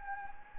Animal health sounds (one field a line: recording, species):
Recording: mosquito wingbeat signal from an infrared sensor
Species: Anopheles gambiae